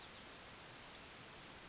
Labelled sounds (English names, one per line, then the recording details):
California Towhee
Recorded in Sonoma County, California